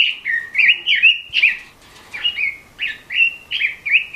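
Robin giving a series of short slurred whistles and chirps, each note separate, with a brief gap before the phrases resume.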